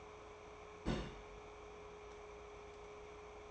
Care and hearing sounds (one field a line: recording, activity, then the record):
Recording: daily activity, microphone in the room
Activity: place on stove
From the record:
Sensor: 1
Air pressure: 1010.4 hPa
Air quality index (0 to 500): 170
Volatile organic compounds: 12 ppm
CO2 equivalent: 2345 ppm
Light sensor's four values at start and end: 58/149/62/79 and 58/149/62/78